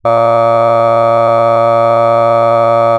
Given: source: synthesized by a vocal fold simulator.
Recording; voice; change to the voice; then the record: sustained vowel; male; cycle-to-cycle stiffness perturbation (roughness), level 4 of 10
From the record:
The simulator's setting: 2.05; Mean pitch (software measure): 115 Hz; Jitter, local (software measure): 1.15%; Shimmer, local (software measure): 4.4%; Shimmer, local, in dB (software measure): 0.38 dB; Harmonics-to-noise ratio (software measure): 18.1 dB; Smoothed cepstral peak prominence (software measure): 20.7 dB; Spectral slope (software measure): -17.1 dB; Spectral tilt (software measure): -11.3 dB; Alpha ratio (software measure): -7.6 dB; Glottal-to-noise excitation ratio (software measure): 0.995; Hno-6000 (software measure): 2.4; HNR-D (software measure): 23.6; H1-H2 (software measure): 5.0 dB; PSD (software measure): 8.0e-05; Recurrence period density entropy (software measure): 0.108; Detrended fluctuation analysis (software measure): 0.0547